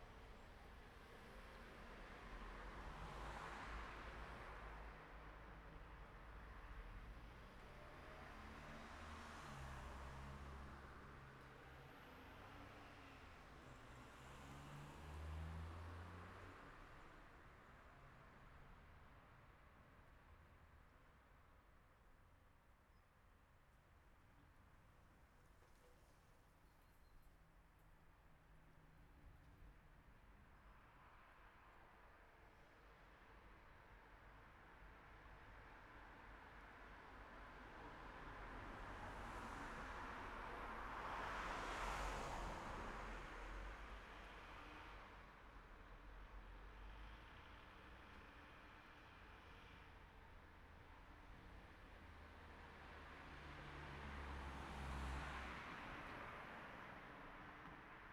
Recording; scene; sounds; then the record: everyday scene through a hearing-aid microphone; in traffic; traffic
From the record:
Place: city secondary road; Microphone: behind the ear, right, rear